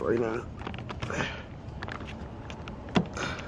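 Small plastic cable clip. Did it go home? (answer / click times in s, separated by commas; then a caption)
yes / 3.0 s. On a 1991–1995 Acura Legend coupe/sedan, the interior door handle release cable end is pressed into its plastic holder on the handle while someone talks. Small taps and handling noises lead up to a sharp click at 3.0 s as the cable end pops in and seats.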